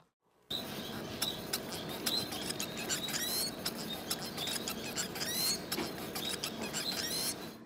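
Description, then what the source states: White-rumped munia song, thin high chips and short rising squeaks spaced irregularly over a steady hiss of background noise. Played-back song of the wild ancestor of the domesticated society finch; simpler than the domestic form's song.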